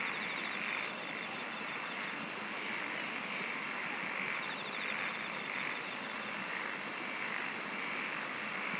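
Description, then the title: Insects trilling: a steady shrill chorus with rapid pulsed trains that swell midway, plus two sharp clicks, over a constant hiss. "SINGING OF INSECTS"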